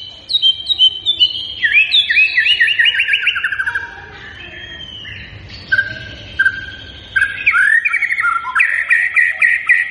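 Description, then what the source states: White-rumped shama song: rich, varied whistled phrases sliding up and down, with quick trills and chattering notes, a quieter stretch of about two seconds near the middle, then bright repeated whistles. Lure song of vigorously singing birds, meant to make other birds respond.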